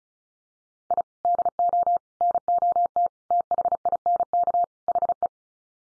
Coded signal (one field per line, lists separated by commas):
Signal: Morse code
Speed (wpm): 34 wpm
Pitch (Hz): 700 Hz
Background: none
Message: I DO NOT THINK HE